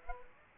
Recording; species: mosquito wingbeat signal from an infrared sensor; Aedes aegypti